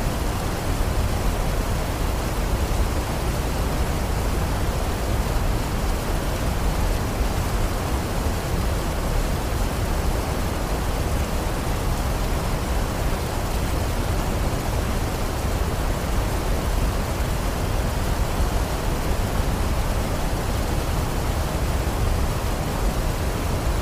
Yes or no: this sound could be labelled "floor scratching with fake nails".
no